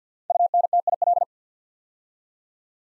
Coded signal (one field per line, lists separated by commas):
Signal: Morse code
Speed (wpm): 45 wpm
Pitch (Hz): 700 Hz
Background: none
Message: UNTIL